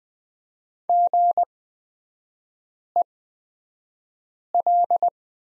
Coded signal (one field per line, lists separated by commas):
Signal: Morse code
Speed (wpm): 20 wpm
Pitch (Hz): 700 Hz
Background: none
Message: GEL